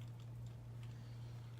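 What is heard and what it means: A plastic alternate head for a NECA Pennywise (It, 2017) action figure is being pushed back onto the figure's neck peg. Faint handling taps at about 0.2 and 0.8 seconds sit over a steady low hum. The head is handled but has not clicked or seated yet.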